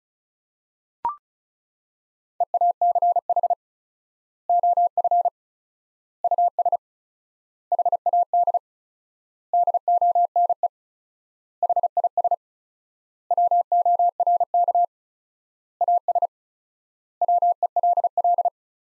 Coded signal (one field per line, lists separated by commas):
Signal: Morse code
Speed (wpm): 36 wpm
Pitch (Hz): 700 Hz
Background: none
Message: EACH OF US HAD DONE HIS WORK AS WELL